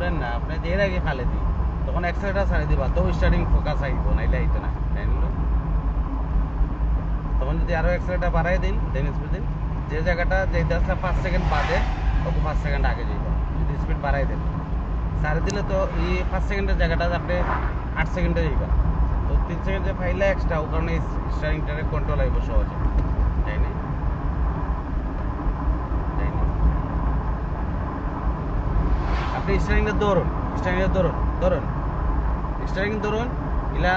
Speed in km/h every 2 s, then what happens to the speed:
46, 43, 40, 38, 36, 33, 31, 29, 32, 34, 36, 38, 39, 40, 41, 42, 42.
0-13 slows to 29. 13-34 speeds up to 42.